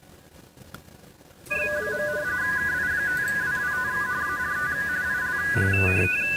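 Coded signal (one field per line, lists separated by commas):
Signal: RTTY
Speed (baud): 45.45 baud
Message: . KI5WWT ART IL ART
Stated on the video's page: Weekly RTTY test sent from an FDX10 into a 29.5 ft end-fed antenna with 9:1 unun and manual tuner.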